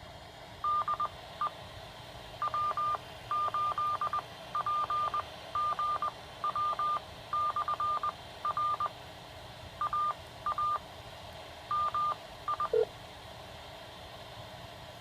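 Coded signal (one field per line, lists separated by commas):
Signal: Morse code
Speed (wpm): 20 wpm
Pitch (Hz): 1200 Hz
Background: none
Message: DE W8PGW/R AA MI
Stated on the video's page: Morse ident of a new UHF 446.875 simplex repeater running 5 watts on battery power during a range test.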